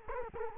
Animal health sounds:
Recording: mosquito wingbeat signal from an infrared sensor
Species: Culex quinquefasciatus

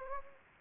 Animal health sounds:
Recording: mosquito wingbeat signal from an infrared sensor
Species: Anopheles gambiae

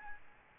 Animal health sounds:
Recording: mosquito wingbeat signal from an infrared sensor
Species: Aedes albopictus

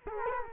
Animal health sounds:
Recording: mosquito wingbeat signal from an infrared sensor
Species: Culex quinquefasciatus

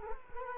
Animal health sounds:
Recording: mosquito wingbeat signal from an infrared sensor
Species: Culex quinquefasciatus

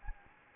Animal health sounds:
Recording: mosquito wingbeat signal from an infrared sensor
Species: Anopheles gambiae

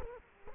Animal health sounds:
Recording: mosquito wingbeat signal from an infrared sensor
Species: Culex quinquefasciatus

